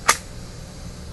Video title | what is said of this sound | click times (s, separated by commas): Raven Concealment Holster ( ACR ) Review. | That's locked in. | 0.1 s